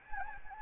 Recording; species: mosquito wingbeat signal from an infrared sensor; Anopheles gambiae